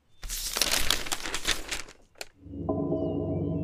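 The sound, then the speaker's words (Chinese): A crisp, yellowed sheet of xuan paper crackles and rustles for about two seconds as it is unfolded from a box, followed by one sharp crinkle, then a low, steady tone takes over. “弟子园心底微动，翻开宣纸，神色一怔。”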